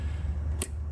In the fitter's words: And then it's all the way on again, the lock is.